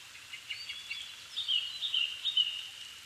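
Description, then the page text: Japanese thrush song: a flowing series of sweet whistled notes and warbles over a constant background hiss. Japan, altitude 270 m; 7 May 2011 at 17:59, evening; recorded with Sony PCM-D50 and Panasonic WM-61A mic. "kurotugumi-20110507-1759. Turdus cardis [Sounds -Nikko Today-]"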